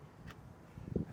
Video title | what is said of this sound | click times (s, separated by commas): etrailer - Curt TruTrack 2P Weight Distribution System Installation Guide - 2022 Jeep Wagoneer | spring bar back in until it clicks. | 0.3 s, 1.0 s